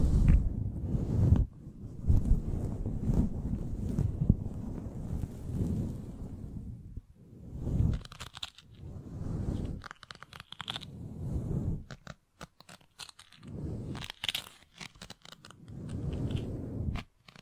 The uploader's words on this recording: BRAIN TINGLES ASMR Mic Brushing and Scratching (No Talking).